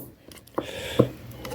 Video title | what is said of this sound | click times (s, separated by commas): Rebuilding a Master Cylinder #trx250r #trx400ex #ltz400 | don't know if you guys heard that little snap but she's seated | 0.6 s